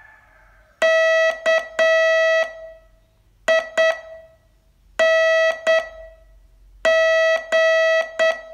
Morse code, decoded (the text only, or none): KING